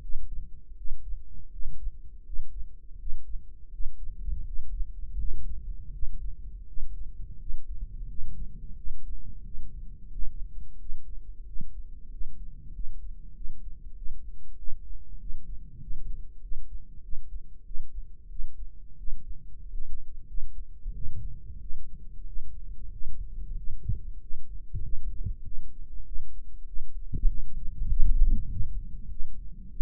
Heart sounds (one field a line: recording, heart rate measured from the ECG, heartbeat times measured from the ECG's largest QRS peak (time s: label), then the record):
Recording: heart sounds by microphone in the right ear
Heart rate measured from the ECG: 91 bpm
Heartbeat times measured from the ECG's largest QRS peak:
0.02 s: heartbeat
0.78 s: heartbeat
1.52 s: heartbeat
2.26 s: heartbeat
3.00 s: heartbeat
3.73 s: heartbeat
4.46 s: heartbeat
5.19 s: heartbeat
5.93 s: heartbeat
6.68 s: heartbeat
7.40 s: heartbeat
8.09 s: heartbeat
8.77 s: heartbeat
9.45 s: heartbeat
10.13 s: heartbeat
10.80 s: heartbeat
11.47 s: heartbeat
12.12 s: heartbeat
12.75 s: heartbeat
13.36 s: heartbeat
13.97 s: heartbeat
14.59 s: heartbeat
15.21 s: heartbeat
15.82 s: heartbeat
16.43 s: heartbeat
17.04 s: heartbeat
17.66 s: heartbeat
18.31 s: heartbeat
18.99 s: heartbeat
19.63 s: heartbeat
20.29 s: heartbeat
20.95 s: heartbeat
21.62 s: heartbeat
22.27 s: heartbeat
22.93 s: heartbeat
23.58 s: heartbeat
24.22 s: heartbeat
24.84 s: heartbeat
25.46 s: heartbeat
26.07 s: heartbeat
26.68 s: heartbeat
27.29 s: heartbeat
27.90 s: heartbeat
28.51 s: heartbeat
29.11 s: heartbeat
29.71 s: heartbeat
From the record:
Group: healthy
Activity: breath hold 0-6 s, rest 6-30 s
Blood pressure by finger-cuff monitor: 132/73 mmHg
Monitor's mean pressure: 90 mmHg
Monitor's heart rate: 90 bpm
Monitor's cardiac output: 8 L/min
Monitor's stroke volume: 84 mL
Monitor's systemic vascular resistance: 850 dyn s/cm5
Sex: male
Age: 21 years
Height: 175 cm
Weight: 72.6 kg